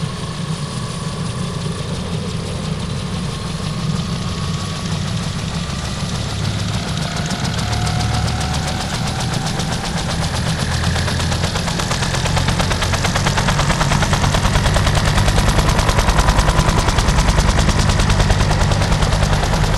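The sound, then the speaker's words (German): A helicopter rotor spins up on a helicopter that stays on the ground without taking off, with a loud, steady chopping pulse over a deep engine rumble, while a turbine whine slowly climbs in pitch and the noise builds throughout, with no talking. “Eine kurze Kostprobe vom Hubschrauberpropeller.”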